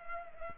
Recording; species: mosquito wingbeat signal from an infrared sensor; Culex pipiens